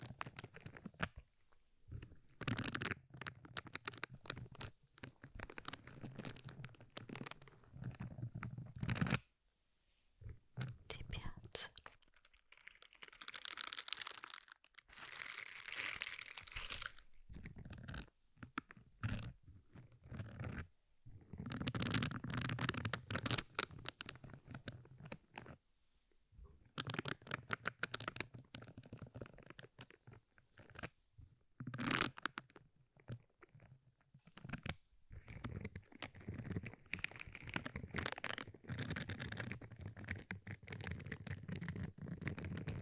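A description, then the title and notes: Ear massage with dense rubbing and crinkly scratching, swelling and easing in bursts, broken by several brief silences around 9, 20 and 26 seconds. EAR MASSAGE.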